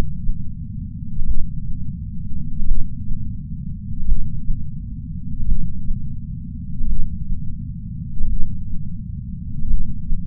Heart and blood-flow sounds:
heart sounds by patch sensor on the chest; 43 bpm
1.24 s: heartbeat
2.64 s: heartbeat
4.04 s: heartbeat
5.45 s: heartbeat
6.86 s: heartbeat
8.26 s: heartbeat
9.66 s: heartbeat
From the record:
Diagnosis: coronary artery disease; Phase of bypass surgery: intraoperative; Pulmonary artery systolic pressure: 27 mmHg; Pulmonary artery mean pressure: 20 mmHg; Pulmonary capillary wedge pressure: 14 mmHg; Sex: female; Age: 68 years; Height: 155 cm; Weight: 56 kg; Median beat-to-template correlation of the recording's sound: 0.95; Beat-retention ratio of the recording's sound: 1.00

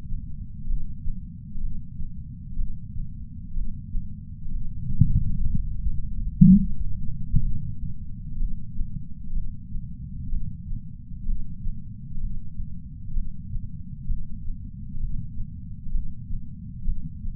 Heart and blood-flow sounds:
heart sounds by patch sensor on the chest; 63 bpm
0.67 s: heartbeat
1.61 s: heartbeat
2.56 s: heartbeat
3.54 s: heartbeat
4.51 s: heartbeat
5.47 s: heartbeat
6.42 s: heartbeat
7.40 s: heartbeat
8.37 s: heartbeat
9.33 s: heartbeat
10.29 s: heartbeat
11.26 s: heartbeat
12.20 s: heartbeat
13.14 s: heartbeat
14.07 s: heartbeat
15.00 s: heartbeat
15.92 s: heartbeat
16.85 s: heartbeat
From the record:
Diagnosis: coronary artery disease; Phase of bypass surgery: preoperative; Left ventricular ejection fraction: 60%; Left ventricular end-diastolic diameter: 47 mm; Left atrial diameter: 35 mm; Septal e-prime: 6.9 cm/s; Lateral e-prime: 9.8 cm/s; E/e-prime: 7.7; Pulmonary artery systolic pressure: 27 mmHg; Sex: male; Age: 63 years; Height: 180 cm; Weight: 65 kg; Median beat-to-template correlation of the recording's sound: 0.86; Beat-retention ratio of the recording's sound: 0.95

